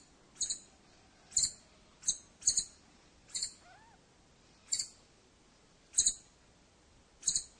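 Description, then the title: Scimitar-billed woodcreeper giving sharp, very high doubled call notes, repeated at irregular intervals. "LuckyPassaro Completos2Sama. Scimitar-billed Woodcreeper (Drymornis bridgesii)"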